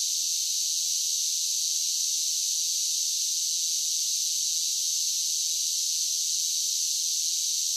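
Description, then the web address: Cicada: steady droning of many cicadas, a bright, unbroken electric-sounding hiss with no gaps and no other sounds. Large group of cicadas singing as a steady drone. "Blast Wave SSFX Cicadas Sing. cicadas large group steady drone insects bugs"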